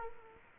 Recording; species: mosquito wingbeat signal from an infrared sensor; Culex quinquefasciatus